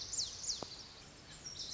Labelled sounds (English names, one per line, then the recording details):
Lazuli Bunting
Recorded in Sonoma County, California